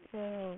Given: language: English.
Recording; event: throat vibration sensor signal played as sound; speech